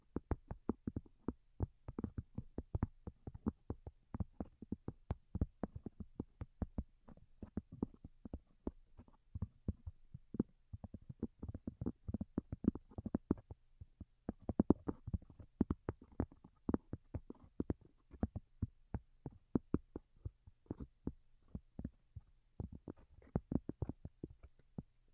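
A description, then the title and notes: Soft, delicate tapping goes on without a break, many quick light taps in uneven bursts, sometimes clustered and rapid, sometimes sparser. Each tap is short and fairly dull, with a faint low hum underneath throughout. Most Delicate and Calming Tapping.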